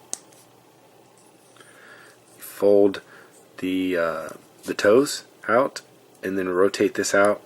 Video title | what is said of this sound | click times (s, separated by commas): The Daily Review 094: Transformers Titans Return Kickback | piece that's sticking out right there on the leg, and that'll actually lock the leg straight. | 0.1 s